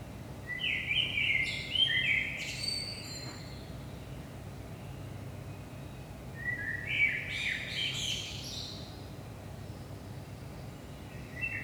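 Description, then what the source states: Common blackbird song: two full phrases of rich warbled whistles that finish in thin, squeaky high flourishes, with a third phrase beginning at the end, over a constant low hum. Saint-Gilles, Belgium; about 5 am, early morning; recorded with DPA 4060 microphones in AB stereo into a Zoom F3.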